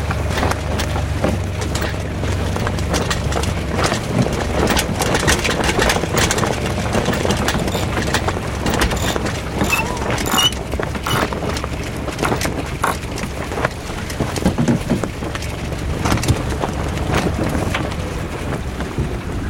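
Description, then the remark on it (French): A sailing boat's engine idles with a steady low rumble before being shut down to raise the sails, near Cap Nègre, overlaid by constant gusting wind noise and scattered clicks and knocks, holding an even loudness throughout with no voices. “On arrête le moteur, c'est toujours le meilleur.”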